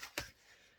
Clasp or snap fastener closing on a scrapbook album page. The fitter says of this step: Ils sont bien costauds. Voilà. Allez, on écoute. Clac.